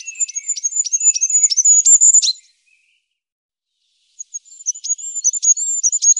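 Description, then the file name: Goldcrest singing two very high-pitched phrases of rapid repeated thin notes, the first ending in a brief twirl, separated by about two seconds of silence. "Kungsfagel"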